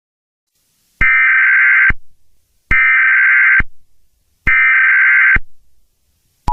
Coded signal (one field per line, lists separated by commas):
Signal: Emergency Alert System (SAME) tones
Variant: header bursts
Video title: GX4-25 an EAS Scenario